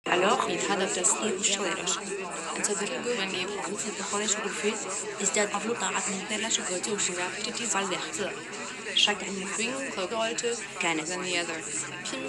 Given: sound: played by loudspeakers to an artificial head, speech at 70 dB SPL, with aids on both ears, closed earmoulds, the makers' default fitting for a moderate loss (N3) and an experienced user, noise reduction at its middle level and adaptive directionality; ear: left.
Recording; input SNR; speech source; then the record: speech test signal (ISTS) in cocktail-party noise; -3 dB; in front (0 degrees)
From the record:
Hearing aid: class 2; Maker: E